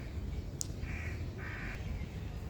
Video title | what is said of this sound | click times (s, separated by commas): How to replace turn signal light on side view mirror of Kia Sportage | Make sure it clicks into place securely. | 0.6 s